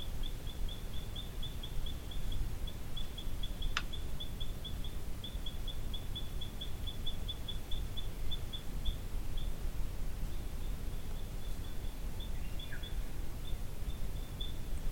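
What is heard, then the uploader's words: Outdoors at a forest lookout, a steady low rush of wind or roar fills the background. Over it, a high, thin ticking call repeats rapidly and evenly almost throughout, with a sharp click near four seconds and a brief chirp around twelve seconds. Recorded at the Orroral Lookout of Corin Forest in the ACT. The area was covered in snow.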